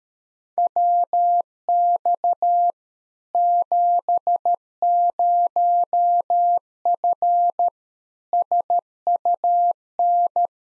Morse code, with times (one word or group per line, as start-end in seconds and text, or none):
0.6-2.7 WX
3.3-7.7 70F
8.3-10.5 SUN